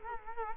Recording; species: mosquito wingbeat signal from an infrared sensor; Culex quinquefasciatus